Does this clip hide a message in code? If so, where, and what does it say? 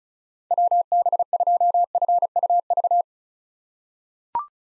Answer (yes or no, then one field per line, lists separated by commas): yes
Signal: Morse code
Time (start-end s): 0.5-3.0 s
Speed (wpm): 34 wpm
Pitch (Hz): 700 Hz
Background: none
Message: WB2FUV